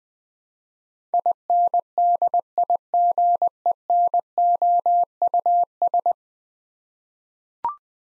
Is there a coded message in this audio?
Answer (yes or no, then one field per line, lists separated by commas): yes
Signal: Morse code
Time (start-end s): 1.1-6.1 s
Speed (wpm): 20 wpm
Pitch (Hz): 700 Hz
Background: none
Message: INDIGENOUS